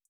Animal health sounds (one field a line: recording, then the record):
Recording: hydrophone in a shrimp aquaculture tank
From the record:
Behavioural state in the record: feeding